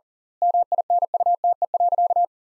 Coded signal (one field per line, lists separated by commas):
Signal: Morse code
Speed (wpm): 40 wpm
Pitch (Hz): 700 Hz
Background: none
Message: MINUTE.